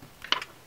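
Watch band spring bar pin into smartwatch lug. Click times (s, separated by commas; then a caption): 0.3 s. A spring bar on a Tylt silicone band is pushed into the lug of a Moto 360 smartwatch. A sharp, bright click at 0.3 s, with faint small ticks just before and after, marks the pin seating in the lug. The band is confirmed in place.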